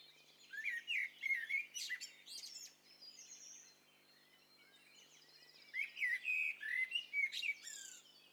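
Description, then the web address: Birds calling together, a tangle of overlapping high chirps, squawky notes and fast trills in two busy bursts with a quieter gap in the middle. Several birds calling at once; high-fidelity stereo recording. "Hi Fi STEREO BIRD COCKTAIL PARTY Challenge"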